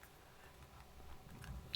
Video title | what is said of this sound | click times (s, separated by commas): Altenew Ink Pads Review & Blending Brushes - Ink Blending for Card Making | take that back because that clicked in there. | 1.8 s